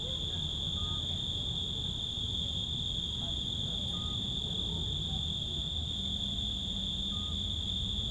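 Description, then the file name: Insects keep up an even, piercing high whine over a low rumble, with a few short faint peeps. Insects in nature, including loud insects, recorded on Zakynthos. "szunyogeshangosrovarok emberesmotorizacio zakynthos"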